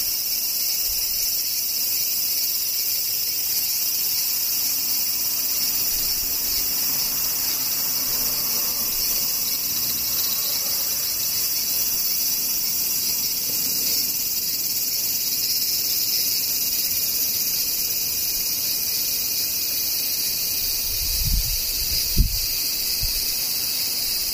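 Cicadas drone without a break through the whole stretch, a dense, bright, high-pitched buzz that holds almost perfectly level. Low rumbles drift underneath, and a short thump or knock lands around the 21 to 22 second mark.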